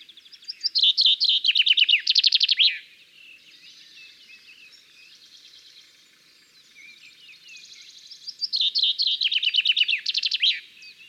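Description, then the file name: Common chaffinch song: two bright descending trills, each ending in a quick flourish, about eight seconds apart, with faint twittering between. "Fringilla coelebs"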